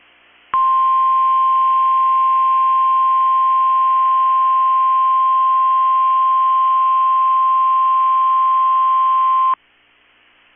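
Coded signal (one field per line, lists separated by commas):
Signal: Emergency Alert System (SAME) tones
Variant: 1050 Hz attention tone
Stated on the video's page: SAME tones of a Minnesota/Wisconsin tornado drill on weather radio KEC65, sent with the Required Weekly Test code rather than the monthly.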